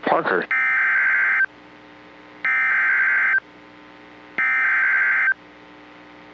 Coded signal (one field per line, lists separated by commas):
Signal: Emergency Alert System (SAME) tones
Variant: header bursts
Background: speech